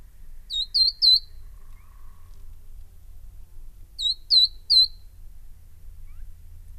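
Verdin giving a trio of sharp, high whistled notes, then the same three-note phrase again about three and a half seconds later, above a faint low rumble.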